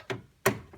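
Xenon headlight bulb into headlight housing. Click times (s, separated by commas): 0.5 s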